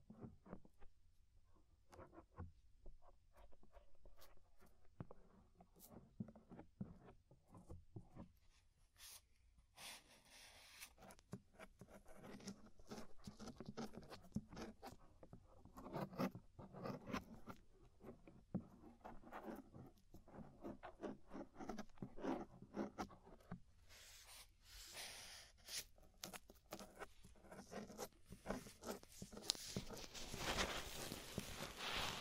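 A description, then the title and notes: Scraping of the inner and outer ear, a dense run of short scratchy rasps and taps with little pause between them. Sparser and quieter in the first ten seconds, it grows busier and brighter after that, with soft low rumbling underneath. Inner and Outer Ear Scraping (No Talking).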